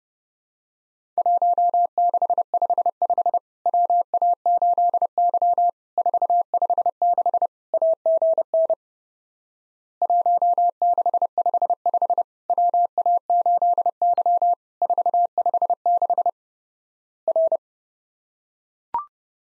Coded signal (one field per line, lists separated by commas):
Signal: Morse code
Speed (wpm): 30 wpm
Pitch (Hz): 700 Hz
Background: none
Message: 1655 WA8Y 456 AGN 1655 WA8Y 456 R